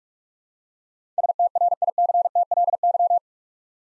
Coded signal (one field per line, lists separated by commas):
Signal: Morse code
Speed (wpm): 44 wpm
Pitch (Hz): 700 Hz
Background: none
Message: STRICTLY